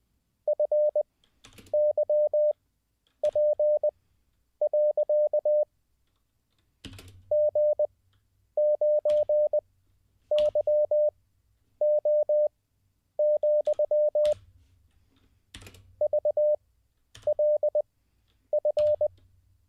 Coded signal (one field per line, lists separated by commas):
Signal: Morse code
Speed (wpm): 20 wpm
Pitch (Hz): 600 Hz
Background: none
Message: FYP. G9YO, VLF